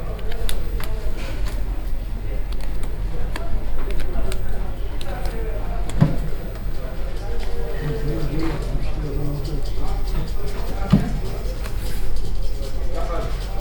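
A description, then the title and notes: Crowd noise at a flea market, a steady murmur of overlapping voices with no single speaker standing out for long. A low hum runs underneath throughout, and short clicks and knocks break in every few seconds, with a louder thump near six and eleven seconds. Vårberg, Skärholmen, Stockholm, Suède.Loppmarknaden, Lps, record, flea market, second-hand market, vacuum-attics, noise, Binaural, Fostex FR-2LE, MS-TFB-2 microphones.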